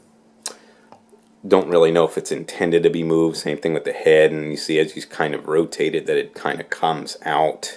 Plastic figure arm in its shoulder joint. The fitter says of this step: but again though there's something that pops into place as you can see so don't really